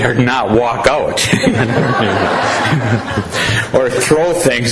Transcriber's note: laughter